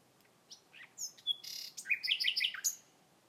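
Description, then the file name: Common nightingale song: assorted whistles and a rasping burst, followed by a fast string of bright piping notes and a final high whistle. "Nachtigall Gesang"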